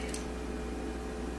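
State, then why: Not seated. The ambidextrous half of the thumb safety is pushed by hand onto the frame of a Colt 1911 Rail Gun pistol, which fits very tightly, trying to make it snap into place. A steady low hum runs throughout, with one brief faint tick at about 0.1 s. Nothing has snapped into place yet, and more pushing is still needed.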